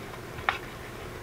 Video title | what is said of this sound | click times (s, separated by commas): The Ultimate Journaling Spot / Snarky Eclectic Journal / Tutorial | and they're lined up pretty well so they're going to snap right in place you know there we go and it should | 0.5 s